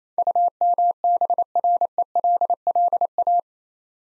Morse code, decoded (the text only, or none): UMBRELLA